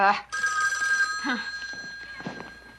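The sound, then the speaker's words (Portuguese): A telephone bell rings in a steady, continuous trill after a brief pause, its bright metallic tone sustained throughout, with short bits of speech murmuring underneath. “Ouço o telefone tocando em sua vida.”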